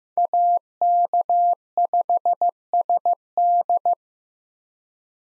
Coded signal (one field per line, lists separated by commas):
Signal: Morse code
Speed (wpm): 15 wpm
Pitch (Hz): 700 Hz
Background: none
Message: AK5SD